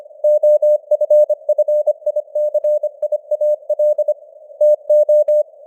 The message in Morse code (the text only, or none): OFFICIAL TO